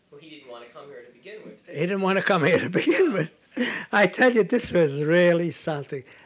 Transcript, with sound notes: He didn't want to come here to begin with.
He didn't want to come here to begin with. (He laughs) I tell you, this is really something.